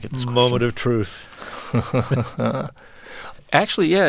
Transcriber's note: laughter